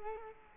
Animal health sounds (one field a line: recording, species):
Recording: mosquito wingbeat signal from an infrared sensor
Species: Culex quinquefasciatus